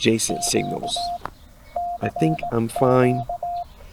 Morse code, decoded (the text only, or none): Q CQ